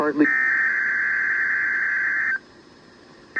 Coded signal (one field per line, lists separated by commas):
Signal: Emergency Alert System (SAME) tones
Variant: header bursts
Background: speech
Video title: Required Weekly Test On WXL46 [EAS #623]